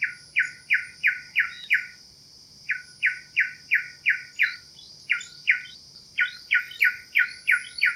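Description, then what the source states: Pin-striped tit-babbler giving rapid series of short, even, piping notes, up to six per burst, bursts repeated with brief pauses; steady high hum throughout. Calls in Kledang-Sayong Forest Reserve, Ipoh, Perak, Malaysia, on 16 June 2018.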